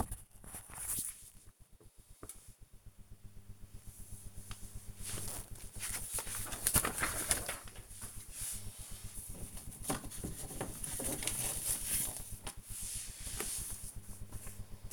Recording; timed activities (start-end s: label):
household activities, microphone on the right wrist
0.00-14.93 s: sorting documents